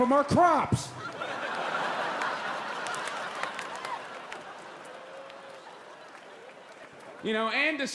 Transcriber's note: laughter